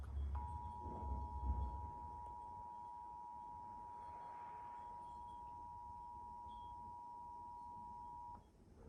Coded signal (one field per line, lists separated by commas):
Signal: Emergency Alert System (SAME) tones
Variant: 853 and 960 Hz attention tone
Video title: EAS #110-113: September 2023 Pennsylvania Required Monthly Test On Comcast, WNEP, iON, And PBS Kids